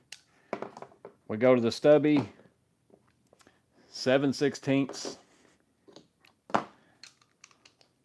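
A 7/16 socket is handled near the square drive of a Klein ratcheting impact stubby driver while someone talks, with small taps and ticks of handling between the words. Nothing has seated or clicked yet; the socket has not snapped onto the drive by the end of the clip.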